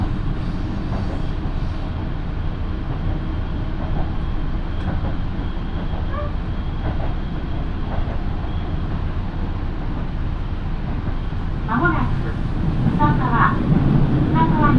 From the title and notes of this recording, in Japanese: 身延線 富士→芝川。身延線を各駅停車で乗り通します。